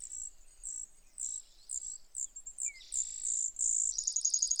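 Brewer's sparrow, a series of high, short whistled notes with a brief downslurred note, ending in a quick rattling trill.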